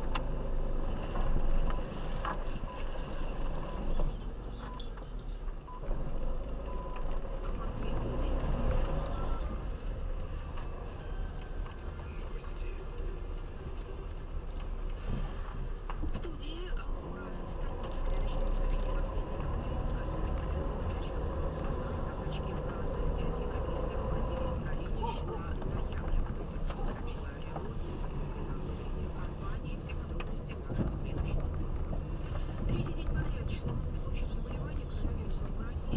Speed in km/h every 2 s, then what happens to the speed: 1, 4, 5, 3, 7, 10, 10, 8, 8, 10, 16, 19, 22, 21, 20, 19, 18, 17.
0-11 pulls away to 10. 11-17 steady at about 8. 17-24 speeds up to 22. 24-36 steady at about 19.